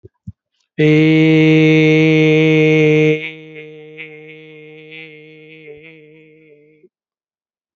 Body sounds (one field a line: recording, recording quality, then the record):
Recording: sustained vowel as in made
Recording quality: excellent, no background noise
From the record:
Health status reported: healthy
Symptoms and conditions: hypertension, diabetes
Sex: male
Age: 57 years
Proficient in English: yes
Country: India